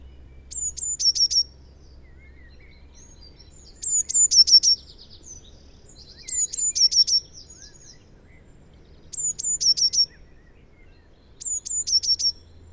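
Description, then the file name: Eurasian blue tit sings five bright phrases, each a few descending piping notes followed by a rapid trill, roughly every two to three seconds, with a low hum beneath. "Cyanistes caeruleus"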